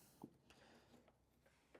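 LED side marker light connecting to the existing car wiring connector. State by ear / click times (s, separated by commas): not seated / none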